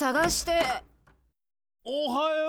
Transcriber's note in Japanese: ドア開く